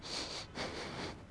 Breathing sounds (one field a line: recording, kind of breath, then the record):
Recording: one breath in and out by a microphone near the nose and mouth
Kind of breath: strong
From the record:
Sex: male